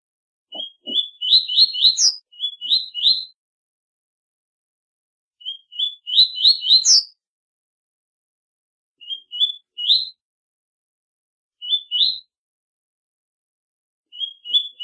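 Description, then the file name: Double-collared seedeater singing several short phrases of rising whistled notes, two ending in a high sharp flourish; faint low taps beneath. Short song, tui-tui type. "canto do coleiro tui tui curto cibra"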